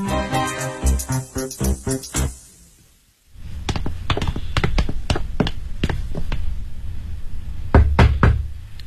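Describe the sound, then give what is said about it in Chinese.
Knocking on a room door at a remote guesthouse away from Shanghai, by a police investigator posing as staff delivering hot water: a rapid run of sharp, loud raps, a brief pause, then a longer stretch of steady, insistent knocks. No one speaks. “服务员，来送热水，麻烦开开门。”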